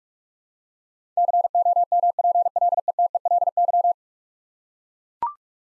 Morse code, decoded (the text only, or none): COMPLETELY